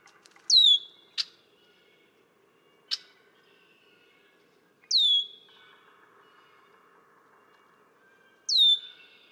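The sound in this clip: Red-winged blackbird repeating a high, clear whistle that falls sharply in pitch, three times at irregular intervals, with two sharp clicks and soft chatter between.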